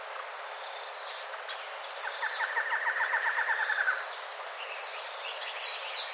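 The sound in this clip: Bird trill of quick, evenly spaced notes lasting about two seconds, set against a continuous shrill insect drone and faint high sweeps.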